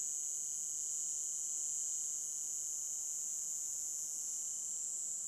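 Cicada call, a steady high-pitched continuous buzz holding without a break throughout, with a fainter thin tone beneath it.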